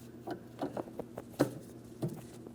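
A plastic valve mounting bracket on a 2007-2014 Ford Edge 3.5L is handled and slid over so its locking tab can fit into a slot during an ignition coil boot replacement. Short, light handling taps and knocks are heard, the loudest near 1.4 s and 2.0 s. Nothing has seated or clicked yet.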